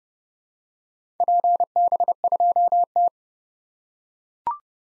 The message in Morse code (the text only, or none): PB2T